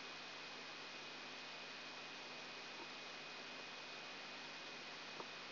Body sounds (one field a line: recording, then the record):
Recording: brain microelectrode recording played as sound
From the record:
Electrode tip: outside the subthalamic nucleus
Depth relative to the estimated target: -6 mm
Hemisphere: right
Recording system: AlphaMap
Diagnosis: Parkinson's disease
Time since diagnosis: 9 years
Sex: male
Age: 53 years